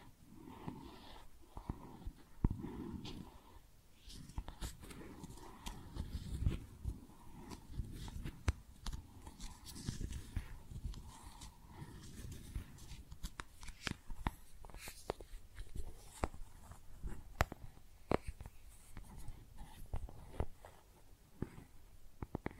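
Makeup being tapped and scratched: dense, irregular clicks and sharp taps over soft rubbing, with louder knocks around two and six seconds.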